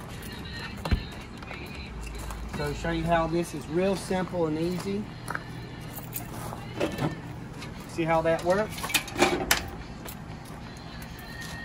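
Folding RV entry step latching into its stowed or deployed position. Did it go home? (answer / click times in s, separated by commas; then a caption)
yes / 9.5 s. A folding RV entry step is moved into its stowed or deployed position while someone talks. A single sharp, strong latch click at 9.5 s shows the step latching into place.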